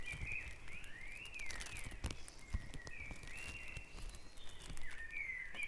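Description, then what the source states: Birds calling at dawn, notes that sweep upward and then fall away in repeated phrases, with a few sharp knocks and taps mixed in. Dawn chorus on Back Dragon Avenue, Harrogate; part of the Sound Map of Harrogate.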